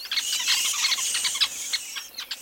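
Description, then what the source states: Sociable weaver calls: a dense chatter of high, sharp chirps, continuous throughout. Colonial birds of southern Africa's arid plains, house sparrow-sized, living in huge communal grass nests on acacia trees or utility poles, holding up to 500 birds.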